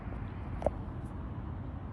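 A torque wrench tightens the stem clamp bolts on SuperCross carbon BMX handlebars fitted to a big BMX bike, working back and forth between the bolts. Over a steady low background hum, the wrench gives two sharp clicks at 0.6 s and 0.7 s, the second louder, as the set tension is reached.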